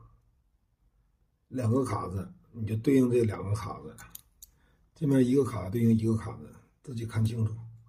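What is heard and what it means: A steering wheel button module for a Mercedes W213 is lined up with its two plastic clips against its housing on the steering wheel before being pushed in. After a quiet start, someone talks in bursts from about 1.5 s to the end. Nothing has seated or clicked yet.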